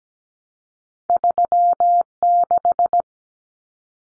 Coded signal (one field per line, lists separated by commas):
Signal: Morse code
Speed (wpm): 17 wpm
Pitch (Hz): 700 Hz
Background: none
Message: 36